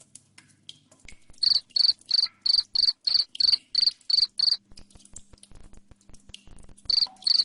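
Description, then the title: Cricket making a series of loud, piercing chirps about three a second, a quiet stretch with a low hum, then two more chirps. Loud cricket chirping played to make lovebirds sing continuously. "Suara JANGKRIK NGERIK Keras Bikin LOVEBIRD Jadi NGEKEK Terus Vubey"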